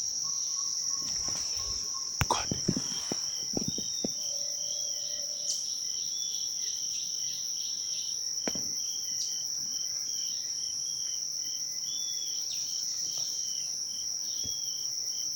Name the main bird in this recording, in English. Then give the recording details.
Jameson's Antpecker. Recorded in Bwindi, Uganda